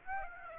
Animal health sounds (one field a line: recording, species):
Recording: mosquito wingbeat signal from an infrared sensor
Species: Aedes aegypti